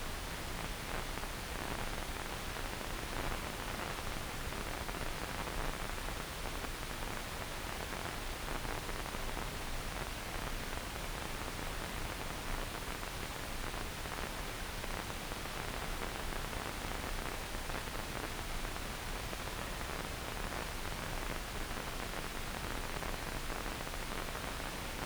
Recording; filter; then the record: brain microelectrode recording played as sound; wide band, above 20 Hz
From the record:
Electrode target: subthalamic nucleus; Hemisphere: left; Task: reaching with the right hand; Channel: 1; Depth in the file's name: 0.251 mm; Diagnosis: Parkinson's disease